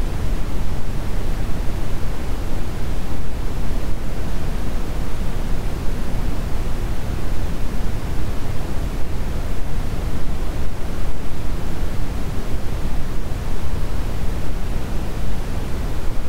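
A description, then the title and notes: Brown noise plays as a steady, unbroken hiss weighted heavily toward the low end, a deep rumbling wash with only a faint airy top. The level holds even for the whole stretch, with no events or changes, just a constant dense rush. In this episode, we present the soft and soothing sound of brown noise.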